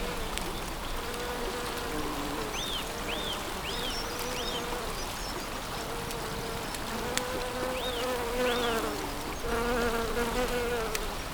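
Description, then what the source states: Bee hums almost continuously, its pitch wobbling slightly, while a bird gives series of arched chirps and a soft rushing background continues. Bees in spring, with water.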